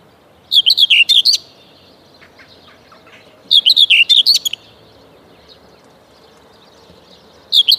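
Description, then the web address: Common whitethroat singing brief, hurried scratchy phrases of chattering notes, each lasting about a second and repeated about every three seconds. "Przyroda Ptaki Cierniówka"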